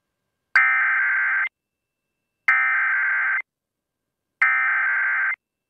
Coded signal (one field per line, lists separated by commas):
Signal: Emergency Alert System (SAME) tones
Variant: header bursts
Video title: (EXTREMELY RARE) Tornado Emergency on WELL-FM Waverly, Alabama (Praise 88.7) (1/12/23) (EAS #78)